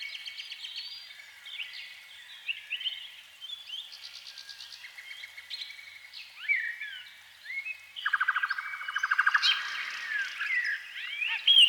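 Canary singing a varied song of twittered notes and short slurred whistles, ending with a loud, fast buzzy trill and rapid chirps.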